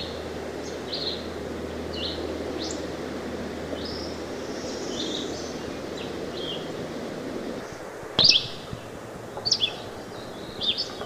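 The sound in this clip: Red-eyed vireo song, faint whistled phrases at first, then a few louder slurred notes near the end after a sharp click, with steady background hiss.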